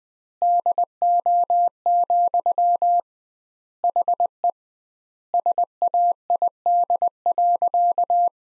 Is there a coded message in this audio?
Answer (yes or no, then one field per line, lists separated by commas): yes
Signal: Morse code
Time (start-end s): 0.4-8.3 s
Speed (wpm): 20 wpm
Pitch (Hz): 700 Hz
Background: none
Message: DO, HE SAID.